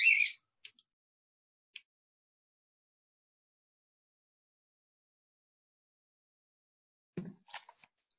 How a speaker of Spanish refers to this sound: Pero permítanme, voy a ir a mover mi pajarito porque ya me empezó a interrumpir.